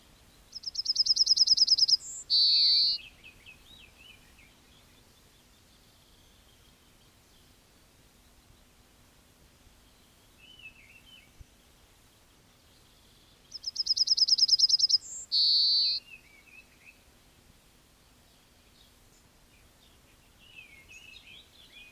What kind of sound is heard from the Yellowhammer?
song